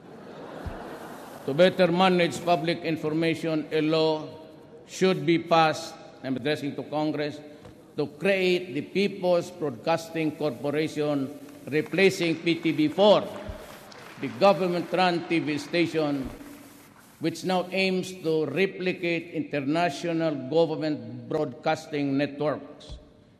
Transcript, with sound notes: To better manage public information, a law should be passed – I’m addressing Congress-- to create the People’s Broadcasting Corporation, replacing PTV-4, [applause] the government-run TV station, which now aims to replicate international government broadcasting networks.